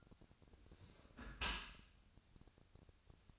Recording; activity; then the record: daily activity, microphone in the room; close dishwasher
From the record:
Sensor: 2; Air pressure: 1006.7 hPa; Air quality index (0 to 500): 199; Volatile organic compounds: 14 ppm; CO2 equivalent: 2435 ppm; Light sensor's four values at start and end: 9/22/9/9 and 9/22/9/9